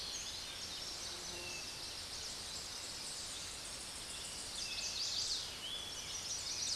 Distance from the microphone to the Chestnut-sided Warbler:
about 35 m